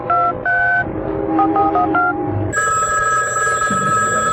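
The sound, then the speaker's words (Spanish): A rapid run of telephone keypad tones beeps out a number, then a steady, bright electronic ring takes over and holds continuously, with no voices. “Ese día de diciembre se acababa de levantar y comenzó, como siempre, a dar instrucciones por teléfono a su eficiente asistente”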